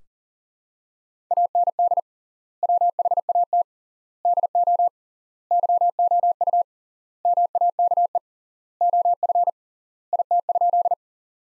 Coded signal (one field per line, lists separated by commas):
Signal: Morse code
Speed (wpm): 40 wpm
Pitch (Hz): 700 Hz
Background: none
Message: AND WHAT DO YOU MAKE OF IT?